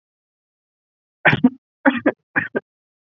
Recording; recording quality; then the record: shallow voluntary cough; excellent, no background noise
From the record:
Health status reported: COVID-19 positive, mild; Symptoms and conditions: cold, fever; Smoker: not ticked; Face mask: not worn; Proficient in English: yes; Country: India